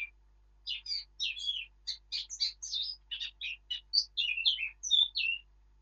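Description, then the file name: Eurasian blackcap song: a rapid, varied warble of short chirpy and whistled notes, high-pitched and continuous for about five seconds, with no other sounds. "Sylvia atricapilla"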